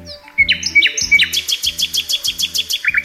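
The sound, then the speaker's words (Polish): A nightingale sings alone, opening with a few rising whistled notes and then breaking into a rapid, rhythmic series of sharp, high chirps, loud and bright throughout. “Tak jest. To właśnie słowik.”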